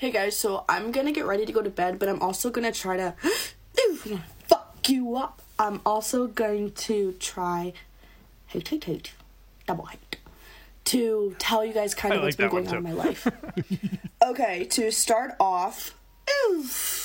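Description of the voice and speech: A woman talks casually at bedtime, her speech broken by sudden out-of-context profanity and yelled catch phrases, with repeated word bursts such as "hate, hate, hate, double hate." These are typical vocal tics with coprolalia of Tourette syndrome.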